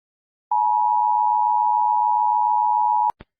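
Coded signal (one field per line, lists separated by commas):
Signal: Emergency Alert System (SAME) tones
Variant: 853 and 960 Hz attention tone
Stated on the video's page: Egypt EAS alarm, full version.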